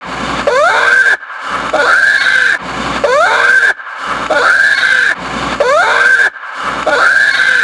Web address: Bear Black